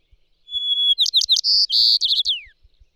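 Bird song phrase of long whistle, rapid chirps, buzzy trills and a sliding descending note, with soft low ticking beneath.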